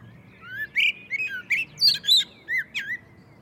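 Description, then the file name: Common blackbird song: low, rich whistled phrases in quick succession, broken by short, high, scratchy twitters. "Turdus merula"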